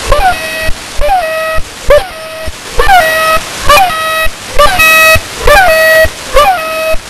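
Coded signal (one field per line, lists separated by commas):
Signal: channel marker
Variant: The Goose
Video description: The Goose is a new Russian channel marker, sort of a combination of The Pip and The Airhorn.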